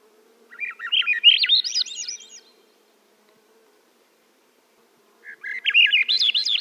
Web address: Swainson's. Thrush